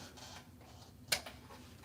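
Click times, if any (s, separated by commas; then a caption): 1.1 s. A spring clip or fitting, squeezed and lined up, is pushed by hand into its fitting in a hub assembly, likely a wheel hub, without needing to be hit. Against quiet low background noise, it snaps in with a single sharp click at 1.1 s, followed by a fainter tick. The part is seated.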